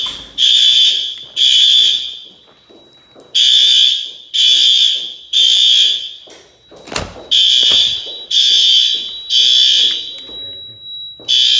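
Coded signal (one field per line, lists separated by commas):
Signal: alarm pattern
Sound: loud ringing fire alarm bell in pulses of three, about one second each, then pause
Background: room thumps, handling noise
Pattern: temporal three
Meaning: Temporal three fire evacuation signal from the alarm bell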